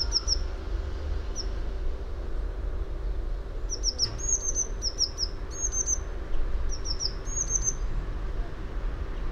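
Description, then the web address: Eurasian blue tit calls: thin high notes sliding downward, a few early notes, then frequent small runs from about four seconds on, over a low rumble. "fugl b-mejse"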